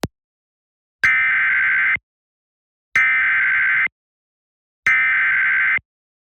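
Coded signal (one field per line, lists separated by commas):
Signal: Emergency Alert System (SAME) tones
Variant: header bursts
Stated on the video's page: Mock EAS alert, not a real broadcast.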